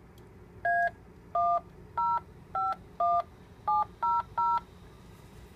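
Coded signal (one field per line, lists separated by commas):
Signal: DTMF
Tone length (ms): 220 ms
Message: A1051700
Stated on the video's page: Local 6-meter and west coast 10-meter repeaters received on Kenwood TS-590 and TS-2000 via remote base.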